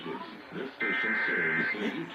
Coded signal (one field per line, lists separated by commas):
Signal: Emergency Alert System (SAME) tones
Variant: header bursts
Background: speech